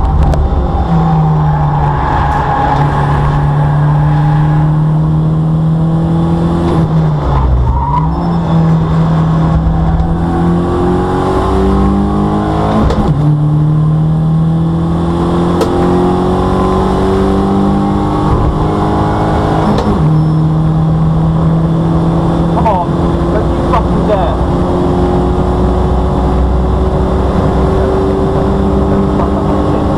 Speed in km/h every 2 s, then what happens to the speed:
109, 81, 85, 84, 56, 64, 81, 90, 100, 109, 118, 124, 132, 138, 143.
0-9 brakes to 56. 9-30 speeds up to 143.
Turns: 0-5, 5-19.